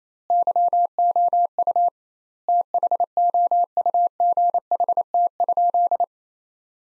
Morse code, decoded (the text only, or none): YOU THOUGHT?